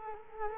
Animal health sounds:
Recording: mosquito wingbeat signal from an infrared sensor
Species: Culex quinquefasciatus

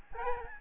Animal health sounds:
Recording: mosquito wingbeat signal from an infrared sensor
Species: Aedes albopictus

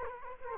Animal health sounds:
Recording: mosquito wingbeat signal from an infrared sensor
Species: Culex quinquefasciatus

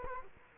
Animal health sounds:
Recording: mosquito wingbeat signal from an infrared sensor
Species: Culex quinquefasciatus

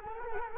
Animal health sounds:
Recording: mosquito wingbeat signal from an infrared sensor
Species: Culex quinquefasciatus

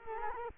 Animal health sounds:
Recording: mosquito wingbeat signal from an infrared sensor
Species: Culex quinquefasciatus

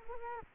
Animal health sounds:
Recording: mosquito wingbeat signal from an infrared sensor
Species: Culex quinquefasciatus

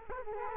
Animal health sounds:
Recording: mosquito wingbeat signal from an infrared sensor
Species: Culex quinquefasciatus

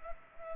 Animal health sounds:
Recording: mosquito wingbeat signal from an infrared sensor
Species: Culex pipiens

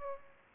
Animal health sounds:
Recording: mosquito wingbeat signal from an infrared sensor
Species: Aedes aegypti

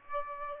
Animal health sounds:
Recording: mosquito wingbeat signal from an infrared sensor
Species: Aedes aegypti

